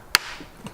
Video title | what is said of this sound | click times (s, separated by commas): Taking My Headlights Apart | heard the snap and then once you get in there you just kind of release it a little bit and then | 0.1 s